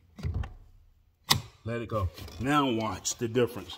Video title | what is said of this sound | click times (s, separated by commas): "Mastering Access: The Proper Procedure for Opening the Hood | second time you pull it after you've totally released it the first time you're hearing click | 1.3 s